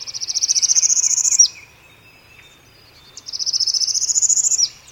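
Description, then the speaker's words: Northern parula song: a high buzzy trill rising steadily and ending in an abrupt downward flick, given twice with a pause between. Rapid rising trill; morning on a bayou with cypress trees and still water in the southeastern United States. "northern parula, some say parula, still others perula, sings its rapid rising trill."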